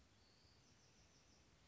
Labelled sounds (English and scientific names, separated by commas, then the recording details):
Bewick's Wren (Thryomanes bewickii)
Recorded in Sonoma County, California